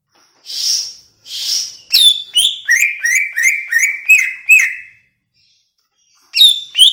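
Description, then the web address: Greater green leafbird song: two breathy hisses, then a quick run of about nine clear, downslurred whistles, followed after a pause by two more sharp notes. Banyuwangi; described as gacor, an energetic, continuous singer. "cucak ijo banyuwangi"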